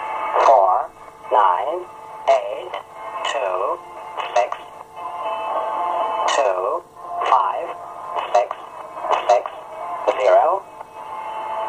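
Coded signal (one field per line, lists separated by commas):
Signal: numbers station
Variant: English Man, English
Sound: a voice reading short, evenly spaced words over radio noise and faint steady whines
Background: radio static, interfering tones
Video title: Zahlensender - Number Station - English Man - 11525kHz USB - 16.02.2020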